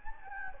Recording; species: mosquito wingbeat signal from an infrared sensor; Anopheles gambiae